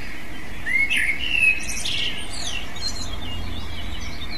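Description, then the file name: Eurasian blackbird sings one brief mellow phrase that slides into a high, thin twittering end, with steady low rumble behind. "merle"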